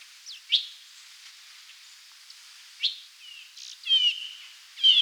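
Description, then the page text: Stripe-throated yuhina calls: scattered short nasal, slightly harmonic notes, some downslurred and some level, spread irregularly throughout over a faint background hiss. "Stripe-Throated Yuhina Calls - Quick Sounds"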